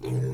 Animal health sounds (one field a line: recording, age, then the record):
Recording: pig call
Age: weaner (32 to 43 days)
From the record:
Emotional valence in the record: negative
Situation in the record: short isolation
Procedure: open field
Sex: female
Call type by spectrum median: low-frequency call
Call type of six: low-frequency stable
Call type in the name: low-frequency stable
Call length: 0.34 s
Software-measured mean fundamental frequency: 64 Hz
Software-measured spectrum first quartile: 126 Hz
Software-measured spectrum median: 199 Hz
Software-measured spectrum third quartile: 477 Hz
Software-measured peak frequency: 394 Hz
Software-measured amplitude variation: 83 dB a second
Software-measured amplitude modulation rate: 26.2 a second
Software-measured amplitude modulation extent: 3.2 dB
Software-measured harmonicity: -0.4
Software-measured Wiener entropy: -0.71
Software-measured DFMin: 1069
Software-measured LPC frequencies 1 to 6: 1596, 2433, 3469, 4153, 5897, 7538 Hz